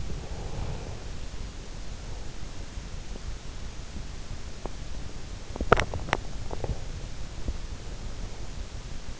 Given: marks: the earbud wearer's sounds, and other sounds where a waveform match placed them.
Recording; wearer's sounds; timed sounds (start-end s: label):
sounds in sleep by an in-ear microphone; breath, swallowing
0.00-1.33 s: breath
5.33-6.99 s: swallowing
7.60-8.90 s: breath